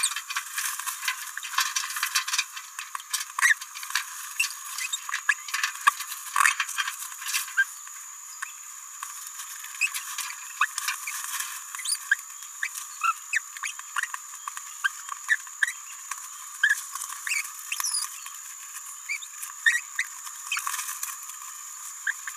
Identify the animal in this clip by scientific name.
Forpus passerinus